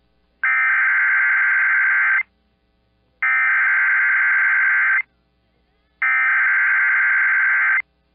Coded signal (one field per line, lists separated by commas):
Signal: Emergency Alert System (SAME) tones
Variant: header bursts